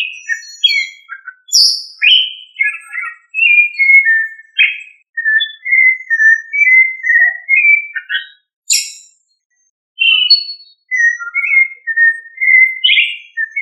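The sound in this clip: Thrush song: a long, varied sequence of warbled whistled phrases, mostly mid-pitched with occasional sharp high notes, delivered in bursts separated by brief pauses.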